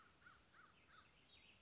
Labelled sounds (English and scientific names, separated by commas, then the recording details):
American Crow (Corvus brachyrhynchos)
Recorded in Sonoma County, California